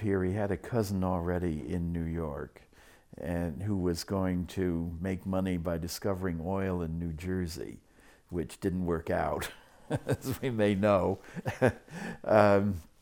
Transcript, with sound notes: He had a cousin already in New York, and who was going to make money by discovering oil in New Jersey --- which didn't work out. --- [Laughs] as we may know. Uh,